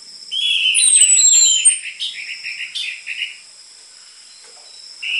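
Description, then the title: Orange-headed thrush song: a loud sweeping whistle, then a run of quick rolling notes that fade out, with a thin falling whistle and constant high whine behind. Lure recording for training caged orange-headed thrushes; prolific singing with dense fill material, suited as master song for the spotted Trotol form. "PANCINGAN Anis Merah Gacor Materi Isian Rapat Cocok Untuk MASTERAN Anis Merah TROTOL"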